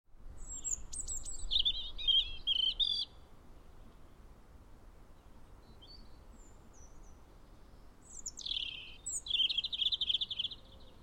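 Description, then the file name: European robin song: two separate bursts of high, varied warbling with shrill descending whistles and rapid twittering, parted by a quiet gap of several seconds. "Erithacus rubecula"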